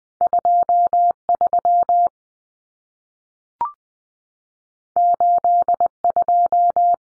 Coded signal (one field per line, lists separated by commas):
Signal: Morse code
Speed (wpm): 20 wpm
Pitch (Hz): 700 Hz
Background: none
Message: 23 82